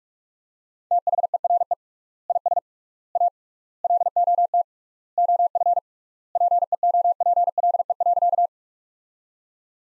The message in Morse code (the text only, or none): THERE IS A LOT OF PEOPLE.